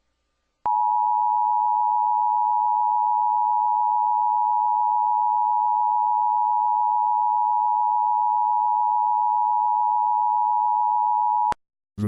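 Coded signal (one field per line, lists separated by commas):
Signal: Emergency Alert System (SAME) tones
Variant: 853 and 960 Hz attention tone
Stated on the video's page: Fictional comedy EAS announcement with made-up counties and text-to-speech voice.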